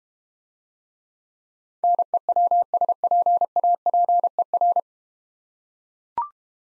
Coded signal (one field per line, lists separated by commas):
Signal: Morse code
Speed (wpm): 32 wpm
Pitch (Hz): 700 Hz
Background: none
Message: NEWSPAPER